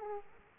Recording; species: mosquito wingbeat signal from an infrared sensor; Aedes aegypti